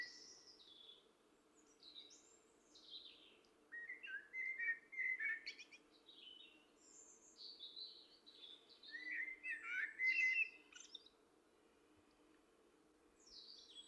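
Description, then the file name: Common blackbird giving two mellow warbled phrases with high, scratchy twittering around them, over a faint steady low hum. "Turdus merula"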